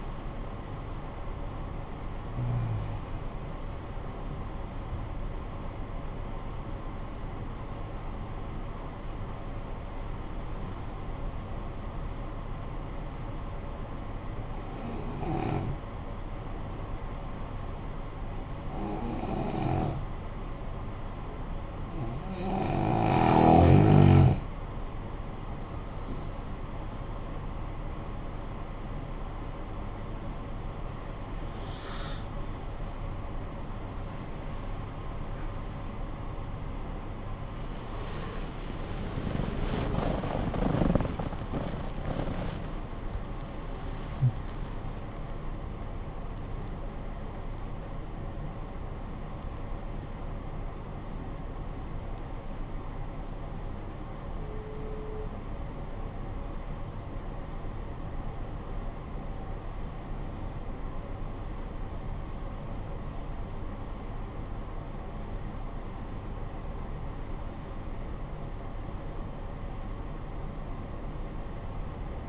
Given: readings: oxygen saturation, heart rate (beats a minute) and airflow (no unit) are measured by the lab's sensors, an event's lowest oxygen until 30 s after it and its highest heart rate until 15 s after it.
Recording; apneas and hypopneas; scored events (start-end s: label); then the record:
breathing in sleep by a smartphone at the bedside; 2
5.00-28.90 s: hypopnea (N1, oxygen 95% highest, then 85% lowest, heart rate 49 at the start, 82 highest)
47.00-72.29 s: new sleep stage, awake
48.00-72.29 s: awake
54.00-63.80 s: hypopnea (scored as awake, oxygen 97% highest, then 94% lowest, heart rate 90 at the start, 90 highest)
From the record:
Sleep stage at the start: N1 (lightest sleep); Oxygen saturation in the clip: 85 to 97%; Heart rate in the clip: 49 to 99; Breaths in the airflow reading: 14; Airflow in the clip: -17.8 to 23.3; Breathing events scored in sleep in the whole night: 445 in 7.6 hours asleep